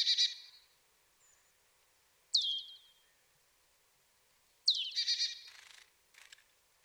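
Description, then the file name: Marsh tit calling: a sharp downward-sweeping 'pitchoo'-like note followed by harsh buzzy bursts, repeated at irregular intervals. "Poecile palustris"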